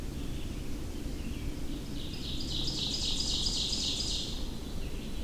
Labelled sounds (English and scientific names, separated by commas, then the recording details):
Ovenbird (Seiurus aurocapilla) song
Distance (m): 35 m
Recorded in boreal forest in Alberta, Canada, on 25 June 2016 at 07:27
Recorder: SongMeter 3, array SBT-6-76
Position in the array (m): 15 m, 119 m
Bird 2